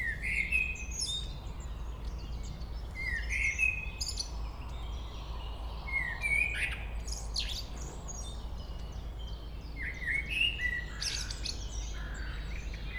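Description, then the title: Common blackbird song: brief fluty phrases with scratchy high endings, repeated several times over a low constant hum. Local blackbird singing at Chemin des cris, Chindrieux, France. "Chemin des cris, Chindrieux, France - Merle"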